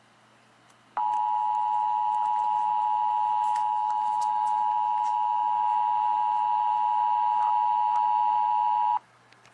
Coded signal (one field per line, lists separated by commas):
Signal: Emergency Alert System (SAME) tones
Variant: 853 and 960 Hz attention tone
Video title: (Inspired by events that are happening) EAS Tornado in Arkansas